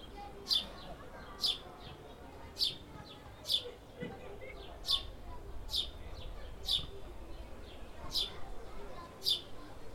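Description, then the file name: House sparrow chirping, bright single notes repeated roughly once a second over a quiet, low background rumble. "Passer domesticus"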